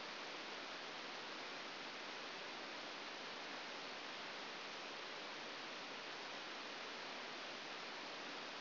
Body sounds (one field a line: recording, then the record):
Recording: brain microelectrode recording played as sound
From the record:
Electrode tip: outside the subthalamic nucleus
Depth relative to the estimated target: -4 mm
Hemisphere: left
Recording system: AlphaMap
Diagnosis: Parkinson's disease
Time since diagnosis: 12 years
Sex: male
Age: 57 years